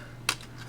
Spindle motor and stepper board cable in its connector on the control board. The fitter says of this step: you have to tug on that one that doesn't latch off